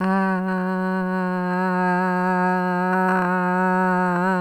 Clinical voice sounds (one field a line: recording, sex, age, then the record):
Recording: sustained vowel /a/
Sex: female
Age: 50 to 59 years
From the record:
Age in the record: 55 years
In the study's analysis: included